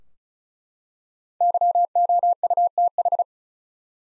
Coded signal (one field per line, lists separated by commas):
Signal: Morse code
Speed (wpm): 36 wpm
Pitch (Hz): 700 Hz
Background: none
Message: YOUTH